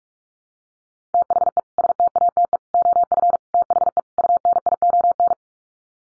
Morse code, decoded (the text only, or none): THE STATE OF THE UNION